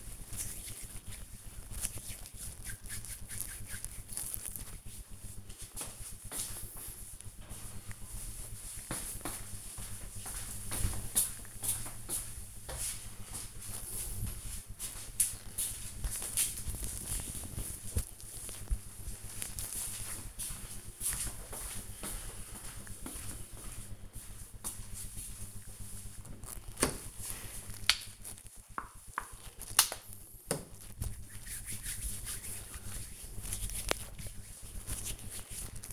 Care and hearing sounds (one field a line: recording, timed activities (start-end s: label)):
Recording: household activities, microphone on the right wrist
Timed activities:
0.00-4.56 s: cream hands
26.71-35.92 s: cream hands